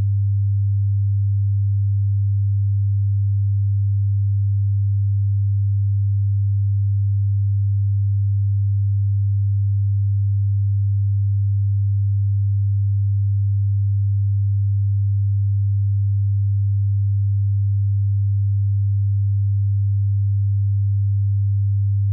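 A pure, unchanging 100 Hz tone hums low and steady for the whole clip, with constant loudness and nothing else audible.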